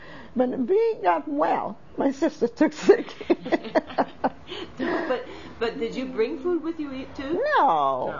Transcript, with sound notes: When we got well, my sister took sick. ( they laugh )
But did you bring food with you too?
No!